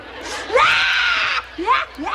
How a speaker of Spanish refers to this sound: ¿Y por eso estás llorando, mija? Es que yo le había agarrado tanto cariño a las vacaciones.